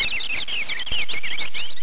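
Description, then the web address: Bird chirps: many quick, high, overlapping twittering notes, rising and falling in rapid succession throughout. "Taifun Collection Vol 1. MOPSY SOUNDS VOEGEL"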